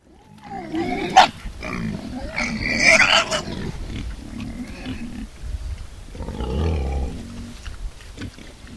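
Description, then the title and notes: Wild boar grunts and harsh calls: rough growling bursts, loudest near the middle, then lower grunts. "Viikon luontoääni: Villisika. Viikon luontoäänen esitteli Juha Laaksonen"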